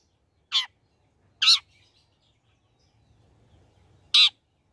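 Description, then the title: Long-tailed shrike calls: three loud, harsh, high-pitched notes with long pauses between them in near silence. Lively, actively singing (gacor) bird, recording suited for use as a tutor (masteran) for training other birds. "Cendet Gacor Cocok Untuk Masteran"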